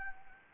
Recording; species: mosquito wingbeat signal from an infrared sensor; Anopheles gambiae